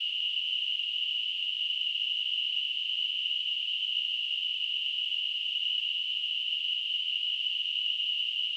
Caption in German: Tinnitus.